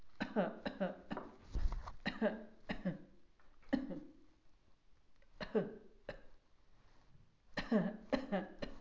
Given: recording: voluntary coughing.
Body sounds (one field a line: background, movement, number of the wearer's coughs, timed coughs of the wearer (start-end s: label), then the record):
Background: quiet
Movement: sitting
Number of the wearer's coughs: 10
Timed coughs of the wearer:
0.18-0.60 s: cough
0.63-1.01 s: cough
1.10-1.36 s: cough
2.04-2.58 s: cough
2.68-3.08 s: cough
3.70-4.19 s: cough
5.36-5.86 s: cough
7.53-8.10 s: cough
8.10-8.60 s: cough
8.60-8.80 s: cough
From the record:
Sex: female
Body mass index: 25.5 kg/m2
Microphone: on the chest, facing outward